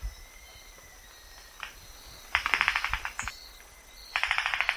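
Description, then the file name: Rufous-vented ground cuckoo bill clapping in two fast rattling bursts of clacks close together, the second running to the end, with steady high insect buzzing and faint chirps underneath. Jacu song with bill clapping. "Canto do jacu estalo de bico verde"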